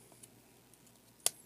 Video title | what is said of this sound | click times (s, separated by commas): Transformers: Lost Age - AD-28 Deluxe SNARL | Snap them into place. You hear that click. | 1.3 s